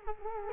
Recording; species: mosquito wingbeat signal from an infrared sensor; Culex quinquefasciatus